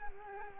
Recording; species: mosquito wingbeat signal from an infrared sensor; Culex quinquefasciatus